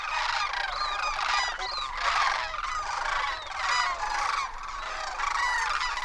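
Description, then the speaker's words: Sandhill Crane calls: loud, rattling, trumpeting bugles in several overlapping bursts. Classic sandhill crane calls. "These are the classic calls of the sandhill crane."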